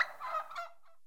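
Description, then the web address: Turkey hen giving a brief call that trails off within a second, followed by silence. General atmosphere of a group of turkey hens; livestock. "The BBC Sound Effects Library. General atmosphere of Turkey Hens"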